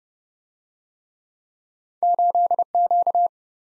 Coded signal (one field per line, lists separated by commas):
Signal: Morse code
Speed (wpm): 29 wpm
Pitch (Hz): 700 Hz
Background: none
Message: 8Q